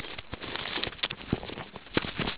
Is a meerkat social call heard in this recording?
no